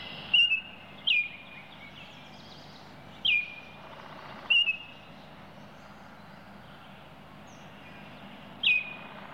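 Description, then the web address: Baltimore oriole calls: short whistled notes that slide downward, given irregularly five times over nine seconds, over a steady low background hum. "bird oriole baltimore oriole calls animal"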